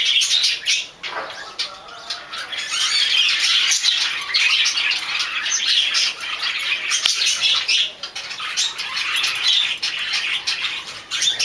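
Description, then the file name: Budgerigar chatter of scratchy squeaks and chirps in fast, irregular bursts, with brief dips in loudness between phrases. "dutch sound budgie"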